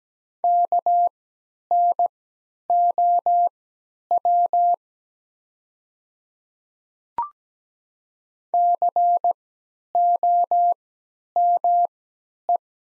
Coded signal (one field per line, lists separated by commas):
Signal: Morse code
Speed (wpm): 17 wpm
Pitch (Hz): 700 Hz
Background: none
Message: KNOW COME